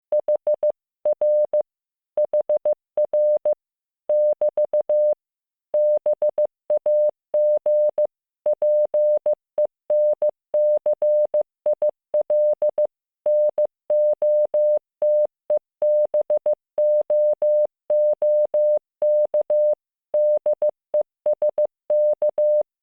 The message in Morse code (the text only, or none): HR HR <BT> BAG PENCIL NOTEBOOK DESK